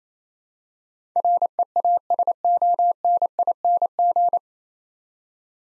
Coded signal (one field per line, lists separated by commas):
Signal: Morse code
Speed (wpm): 28 wpm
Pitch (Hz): 700 Hz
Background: none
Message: REASONING